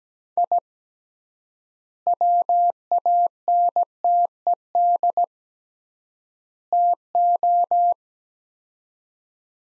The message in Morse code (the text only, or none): I WANTED TO